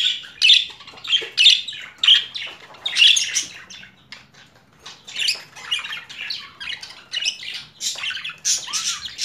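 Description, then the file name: Budgerigar calling with a series of sharp, grating squawks roughly once a second, followed by softer, looser scratchy chatter. Female budgerigar; mixed sounds. "Karisik Sesler Disi Muhabbet Kusu Sesi"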